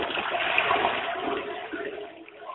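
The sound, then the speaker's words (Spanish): A toilet cistern in a bathroom flushes with a steady rushing gush of water that holds strong, then gradually tapers and gurgles as it drains away. “¿qué te dice, una cisterna”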